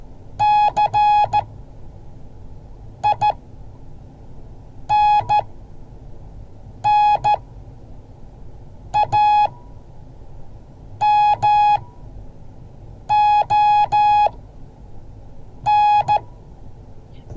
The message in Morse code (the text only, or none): CINNAMON